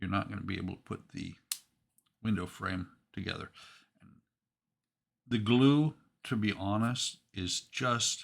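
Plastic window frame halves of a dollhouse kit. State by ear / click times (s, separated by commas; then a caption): seated / 1.5 s. Someone talks while two plastic window-frame halves of a dollhouse model kit are pressed together, giving a sharp click at 1.5 s as they snap into place. The frame seats firmly, solid enough that glue is only a formality.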